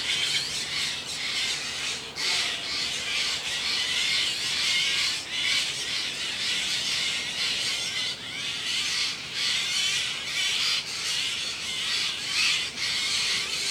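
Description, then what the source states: Steller's jay mobbing calls: continuous harsh, scratchy rasping with individual notes running together into a dense, noisy chatter. Mobbing calls, northwestern California.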